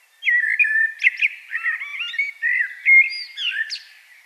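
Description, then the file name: Common blackbird song delivered as a continuous run of mellow, fluting whistles with slurred rising and falling notes and occasional sharp high squeaks. "Turdus merula"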